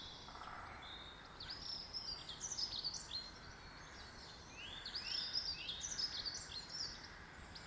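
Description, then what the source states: Birds singing: a run of sharp high chirps and trills, pausing briefly, then a second lively burst of twittering. Birds in a garden.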